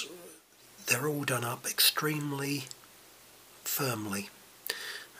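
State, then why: Released. Someone talks while loosening a firmly tightened retaining bolt on the test port of a Weihrauch HW100 air rifle regulator block. At 4.7 s a sharp snap is heard as the tight bolt breaks free and releases.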